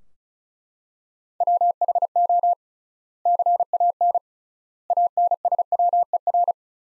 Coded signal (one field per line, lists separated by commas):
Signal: Morse code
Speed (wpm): 36 wpm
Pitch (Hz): 700 Hz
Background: none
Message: WHO CAN ANSWER